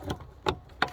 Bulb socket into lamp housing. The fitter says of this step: and turn it to lock it in place. That's pretty much it.